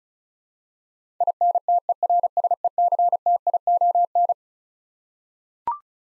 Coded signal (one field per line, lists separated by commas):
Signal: Morse code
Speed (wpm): 36 wpm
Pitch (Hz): 700 Hz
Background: none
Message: INTERSECTION